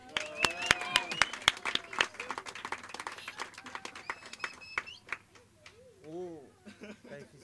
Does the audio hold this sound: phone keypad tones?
no